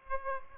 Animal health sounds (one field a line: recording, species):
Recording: mosquito wingbeat signal from an infrared sensor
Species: Aedes aegypti